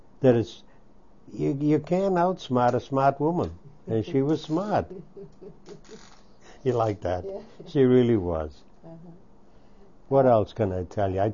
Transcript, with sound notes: that you can't outsmart a smart woman! And she was smart!
[Laughs] You like that?
She really was. What else can I tell you?